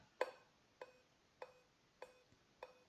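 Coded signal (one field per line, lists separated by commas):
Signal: beep code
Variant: Dell BIOS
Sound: five short clicky beeps about 0.6 seconds apart, each briefly ringing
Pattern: 5 short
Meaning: Five beeps on a Dell indicate a CMOS battery failure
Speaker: screen is still black and still is still making the sound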